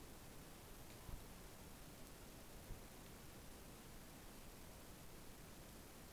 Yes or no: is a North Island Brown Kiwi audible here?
no